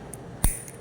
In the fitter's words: Yun. Ibig sabihin nag-lock na yun.